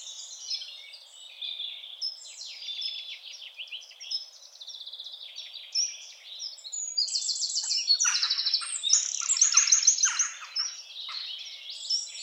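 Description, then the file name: Eurasian wren song: a long, rapid, high-pitched outpouring of chattering notes and fast trills, loudest and most intense from about seven to ten seconds. "Troglodytes troglodytes"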